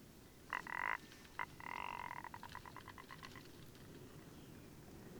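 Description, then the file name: Rock ptarmigan giving hoarse croaking calls, followed by a dry rattle of pulses that tails off. "Fjallripa"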